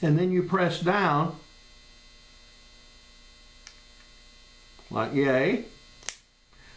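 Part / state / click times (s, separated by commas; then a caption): battery into a laser-sight revolver grip / seated / 6.1 s. Someone talks while a battery is pushed under a lip in the back of a Crimson Trace laser grip on a revolver and pressed down into its holder, over a steady hum. After a faint tick at 3.7 s, a sharp click at 6.1 s marks the battery snapping into place.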